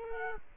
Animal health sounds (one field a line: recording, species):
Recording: mosquito wingbeat signal from an infrared sensor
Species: Culex quinquefasciatus